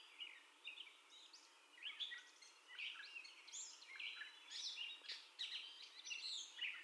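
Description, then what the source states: Gray catbird, softer song of mixed chirps and scratchy slurred notes in irregular short phrases over a light background hiss. First song, recorded 30 May 2021.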